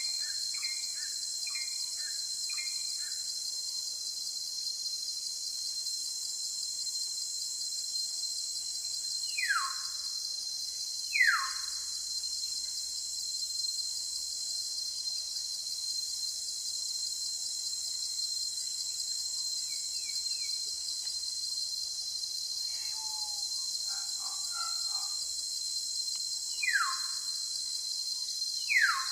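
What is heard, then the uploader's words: Forest sound built on a dense, steady high-pitched hum of insects that never lets up. Scattered bird calls cut through: quick chirps in the first few seconds, then sharp descending whistles around 10, 11, 27 and 29 seconds, with softer twitters between. Sound in the forest.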